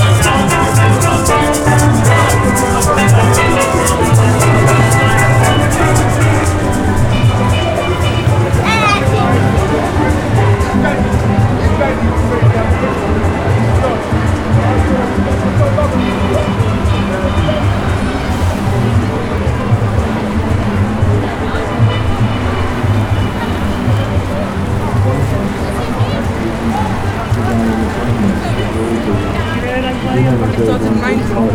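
A short walk through Brixton: dense, overlapping chatter from many voices over a steady low traffic rumble, busy and unbroken throughout.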